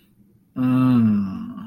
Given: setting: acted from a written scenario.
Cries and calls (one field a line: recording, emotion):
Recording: vocal sound without words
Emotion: desire